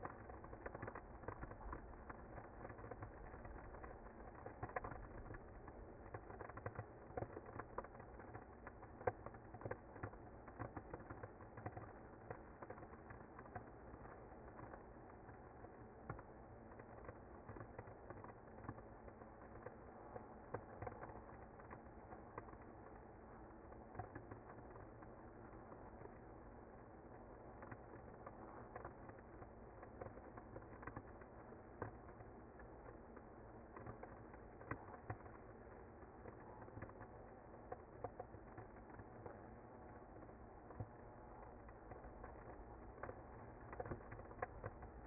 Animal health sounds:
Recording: honeybee colony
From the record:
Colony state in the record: active

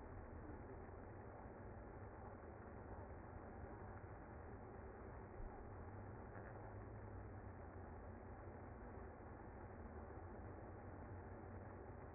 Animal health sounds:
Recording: honeybee colony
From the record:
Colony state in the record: active

